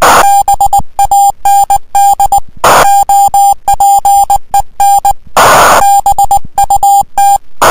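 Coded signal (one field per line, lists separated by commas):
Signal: Morse code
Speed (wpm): 20 wpm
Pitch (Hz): 800 Hz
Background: music, radio noise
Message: BAND OPEN BUT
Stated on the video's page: CW contact on 18.093 MHz with a 599 report, worked from an amateur station in Thailand.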